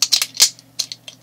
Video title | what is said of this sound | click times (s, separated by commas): How to assemble 5th generation iPod (Self Fix Guide). | There we go. Hear that snap? That means it's settled in right. | 0.0 s, 0.8 s